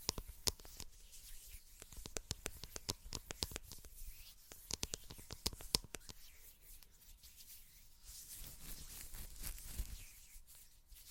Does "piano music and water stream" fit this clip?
no